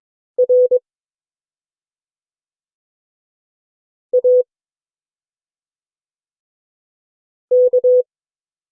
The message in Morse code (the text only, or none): R A K